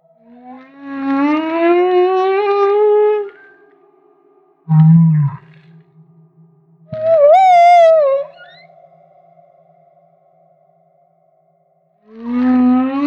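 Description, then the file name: Humpback whale song: a long upswept harmonic moan, a low grunt, a bright wavering cry, then another moan beginning after a long pause. Maui. "Humpback Whale - Maui Whale One"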